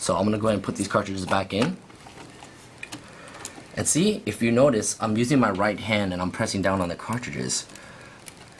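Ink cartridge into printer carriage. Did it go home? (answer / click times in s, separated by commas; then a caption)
no / none. Someone talks while pressing ink cartridges down by hand (right hand) into the carriage of an Epson inkjet printer, with a few brief knocks between phrases. The cartridges seem to sit down, but the plastic arms do not click, and nothing has seated or clicked yet.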